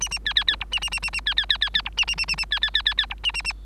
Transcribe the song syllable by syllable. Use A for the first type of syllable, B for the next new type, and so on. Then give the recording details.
A A B B B C A A A A A B B B B B C A A A A A B B B B B C A A A. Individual Bird3